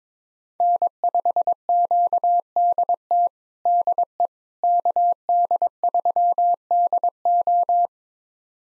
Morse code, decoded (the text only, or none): N5QDT DE KD3DO